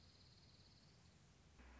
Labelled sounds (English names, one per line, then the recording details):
Dark-eyed Junco
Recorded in Sonoma County, California